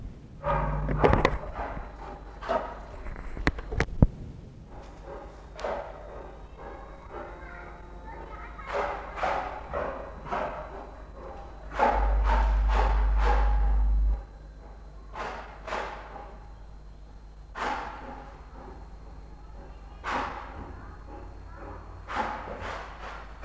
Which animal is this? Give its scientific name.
Ursus arctos